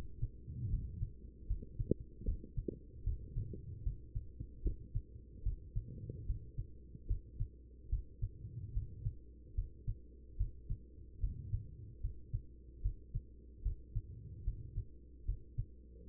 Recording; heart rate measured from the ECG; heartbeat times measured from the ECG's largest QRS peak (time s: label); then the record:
heart sounds by stethoscope; 74 bpm
0.69 s: heartbeat
1.47 s: heartbeat
2.24 s: heartbeat
3.03 s: heartbeat
3.83 s: heartbeat
4.62 s: heartbeat
5.43 s: heartbeat
6.25 s: heartbeat
7.07 s: heartbeat
7.89 s: heartbeat
8.72 s: heartbeat
9.54 s: heartbeat
10.36 s: heartbeat
11.19 s: heartbeat
12.00 s: heartbeat
12.81 s: heartbeat
13.62 s: heartbeat
14.43 s: heartbeat
15.25 s: heartbeat
16.08 s: heartbeat
From the record:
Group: healthy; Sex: female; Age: 43 years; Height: 160 cm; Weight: 90 kg